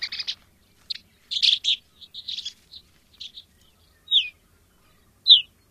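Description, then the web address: Chestnut-collared longspur calls: a run of buzzy chirps and rattled notes, followed by two separate sharp downslurred whistles, with no other sounds. "Songs of Birds of North America Stokes. Chestnut-collared Longspur"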